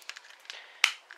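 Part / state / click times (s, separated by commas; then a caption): plastic arm joint into slot in the figure's body / seated / 0.8 s. While a plastic robot figure is being transformed, its plastic arm joint is pushed into its slot in the figure's body. Light plastic taps and handling sounds lead up to one sharp, bright click at 0.8 s, followed by a few faint taps. The arm joint clicks into place and is seated in the slot.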